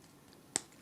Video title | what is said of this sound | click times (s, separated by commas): TRANSFORMERS 4 AGE OF EXTINCTION TOYS R US EXCLUSIVE EVOLUTION 2 PACK DINOBOT SLUG TOY REVIEW | the head of slug out like this bring it up all the way till you hear it click into the place | 0.6 s